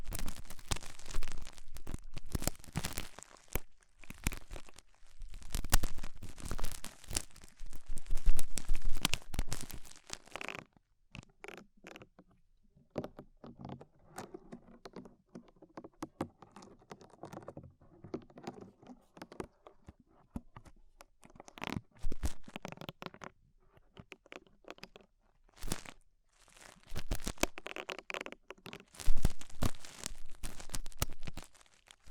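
Ear cleaning with rhinestones and clay being removed: dense crinkly scraping and tearing for ten seconds, then sparser soft rubbing, with busy bursts returning near the end.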